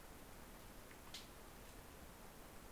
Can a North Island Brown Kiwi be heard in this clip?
no